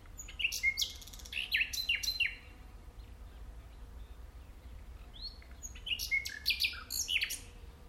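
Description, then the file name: Common nightingale song in two bursts of varied fluting notes and quick rattles, with a quiet gap between them and low background hum. "Luscinia megarhynchos"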